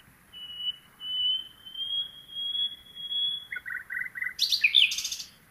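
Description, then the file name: Common nightingale song opening with a long, steady whistle, followed by a quick string of dry notes and a final burst of sharp chips. "Luscinia megarhynchos"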